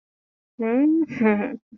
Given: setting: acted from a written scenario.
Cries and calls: vocal sound without words; shame

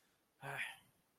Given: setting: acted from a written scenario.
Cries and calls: vocal sound without words; realization

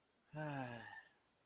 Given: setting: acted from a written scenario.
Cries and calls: vocal sound without words; contentment

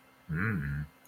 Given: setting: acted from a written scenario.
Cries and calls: vocal sound without words; desire

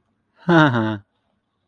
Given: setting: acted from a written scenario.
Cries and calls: vocal sound without words; adoration

